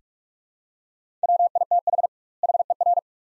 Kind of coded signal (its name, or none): Morse code